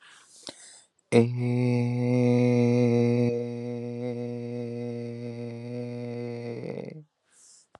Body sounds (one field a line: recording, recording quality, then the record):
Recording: sustained vowel as in made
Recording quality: excellent, no background noise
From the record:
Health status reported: healthy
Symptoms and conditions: none ticked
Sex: male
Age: 27 years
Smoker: not ticked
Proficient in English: yes